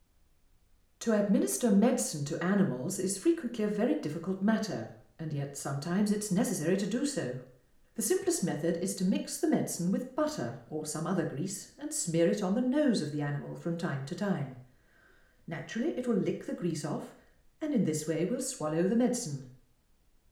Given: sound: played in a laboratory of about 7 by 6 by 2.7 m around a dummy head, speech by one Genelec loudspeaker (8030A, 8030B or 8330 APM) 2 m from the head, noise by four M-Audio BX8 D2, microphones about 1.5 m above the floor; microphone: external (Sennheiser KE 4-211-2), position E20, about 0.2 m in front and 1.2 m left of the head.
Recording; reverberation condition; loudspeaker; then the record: female speech in English; medium; 120 degrees to the left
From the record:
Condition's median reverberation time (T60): about 510 ms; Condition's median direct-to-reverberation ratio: about -0.5 dB